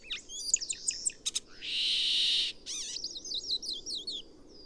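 Chestnut-cheeked starling calls: quick high squeaks, then a harsh buzzy rasp held about a second, followed by wavering whistled notes and soft twitters.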